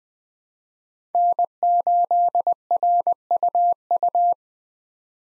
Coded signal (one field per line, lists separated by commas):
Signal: Morse code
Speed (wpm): 21 wpm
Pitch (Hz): 700 Hz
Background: none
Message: N8RUU